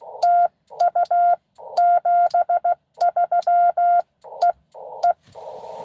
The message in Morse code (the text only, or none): TU 73 E E